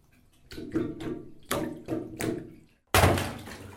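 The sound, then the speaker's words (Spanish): A watery transition effect: a run of rushing, swishing water surges rising and falling in waves, then a short pause and a final louder burst of gushing water. No voices. “Agua, agüita, llévame al río, llévame a la isla.”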